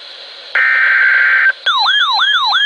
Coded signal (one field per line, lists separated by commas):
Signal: Emergency Alert System (SAME) tones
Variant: header bursts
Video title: SANDY: Triple-Header Flood Warning for 3 Areas Along the Brandywine Creek {EAS #1038-1040}